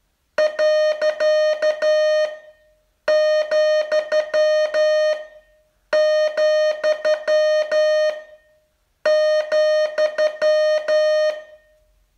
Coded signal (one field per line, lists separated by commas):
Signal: Morse code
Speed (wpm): 9 wpm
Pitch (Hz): 610 Hz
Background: music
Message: . , , ,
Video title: Learn Morse in 42 Days from VU2LAU - day 37